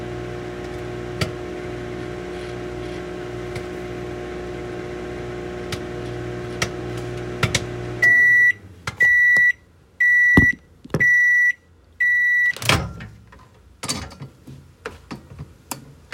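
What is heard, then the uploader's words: A microwave oven hums steadily for about eight seconds, with a few sharp pops and clicks. It then stops and gives five loud, evenly spaced high beeps, followed by handling noises, a door opening and rustling. ASMR｜Making Microwave Popcorn.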